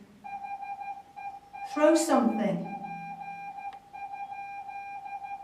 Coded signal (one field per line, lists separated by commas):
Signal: Morse code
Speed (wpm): 13 wpm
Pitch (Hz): 2400 Hz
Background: speech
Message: HELP?